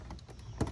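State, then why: Seated. A wrapped front blade trim piece, the larger top one, is fitted into the front bumper of a McLaren: it goes in diagonally at both ends, then slides along with faint scraping and light taps. It clicks into place at 0.6 s with one sharp snap, and the piece is seated and secure.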